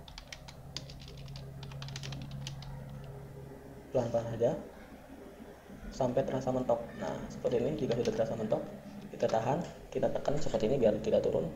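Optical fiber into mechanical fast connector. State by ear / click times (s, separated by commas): not seated / none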